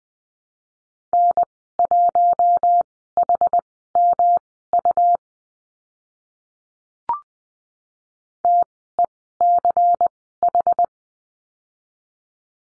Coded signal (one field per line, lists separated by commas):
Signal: Morse code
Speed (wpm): 20 wpm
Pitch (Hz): 700 Hz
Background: none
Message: N1HMU TECH